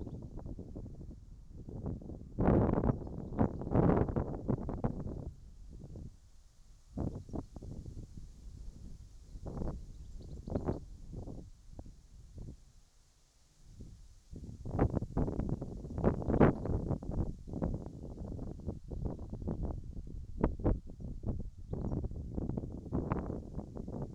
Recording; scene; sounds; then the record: everyday scene through a hearing-aid microphone; wind on the microphone; wind, whistling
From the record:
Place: in front of a rural house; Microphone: in the ear canal, right